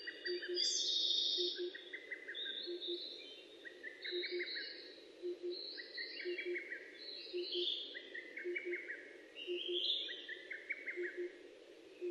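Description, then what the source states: Bird song: overlapping chirpy phrases of fast ticking trills and higher slurred whistles, repeated nearly continuously, with a constant low hum and regular soft double beeps beneath. Recorded 29 May 2004.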